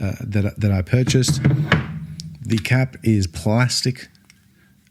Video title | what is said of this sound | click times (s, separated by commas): What makes these the BEST FRAGRANCES of 2008? | and doesn't sort of snap into place it just goes in like that | none